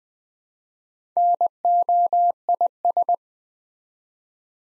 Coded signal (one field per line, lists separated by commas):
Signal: Morse code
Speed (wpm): 20 wpm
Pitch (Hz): 700 Hz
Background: none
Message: NOIS